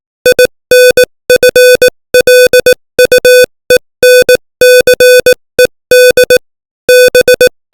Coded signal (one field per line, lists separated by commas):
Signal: Morse code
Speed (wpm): 18 wpm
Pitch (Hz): 500 Hz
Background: music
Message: INFLUENCED B